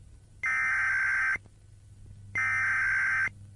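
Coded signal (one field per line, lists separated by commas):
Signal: Emergency Alert System (SAME) tones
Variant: header bursts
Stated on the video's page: Fictional EAS scenario; audio made by the uploader.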